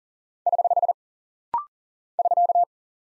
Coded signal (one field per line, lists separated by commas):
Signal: Morse code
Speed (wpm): 38 wpm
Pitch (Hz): 700 Hz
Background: none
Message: <HH> <SK>